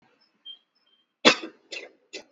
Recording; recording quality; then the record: heavy voluntary cough; poor, much background noise or distortion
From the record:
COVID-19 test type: RT-PCR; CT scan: not taken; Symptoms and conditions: cough, cold, fever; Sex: male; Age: 26 years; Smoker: no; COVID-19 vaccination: both doses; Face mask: worn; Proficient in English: yes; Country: India